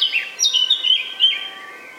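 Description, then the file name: Eurasian blackcap song, a short phrase of rich, fluty whistles with slurred notes, tailing off quietly. "Sylvia atricapilla"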